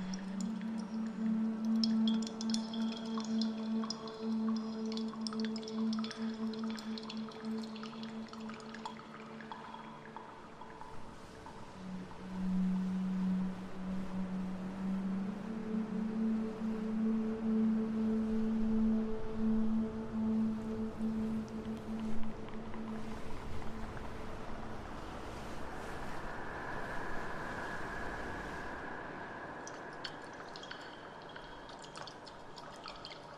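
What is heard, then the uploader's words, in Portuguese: A low, wavering tone sings steadily under the sea, its pitch sliding slightly between about 12 and 20 seconds, surrounded by soft watery bubbling and faint drips. Toward the end the tone fades and a brighter hiss rises, with echoing water sounds throughout. No fundo do mar com o canto da sereia, sons de água e eco.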